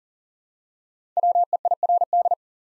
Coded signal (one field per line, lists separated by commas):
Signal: Morse code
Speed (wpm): 39 wpm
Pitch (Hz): 700 Hz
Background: none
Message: WEIRD